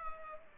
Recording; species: mosquito wingbeat signal from an infrared sensor; Culex pipiens